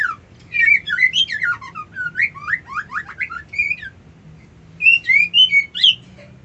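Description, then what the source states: White-eye singing a fast, varied run of high whistled and slurred notes, rising and falling, with a brief pause before a final burst of phrases. Song style locally called ngerol ngalas.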